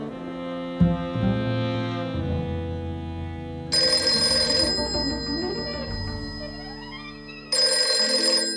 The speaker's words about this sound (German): Nancy, Telefon. Susan ist dran.